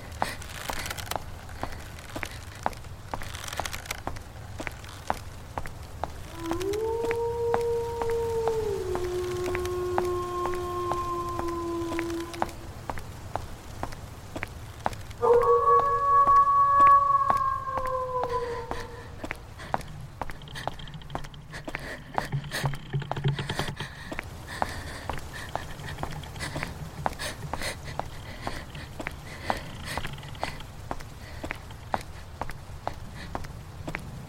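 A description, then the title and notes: Eerie night ambience with a steady low rumble and scattered sharp clicks and crackles throughout. Two long, wavering howls rise out of it, one from about 6 to 12 seconds sliding downward and a louder one around 15 to 19 seconds. Horror night ambience.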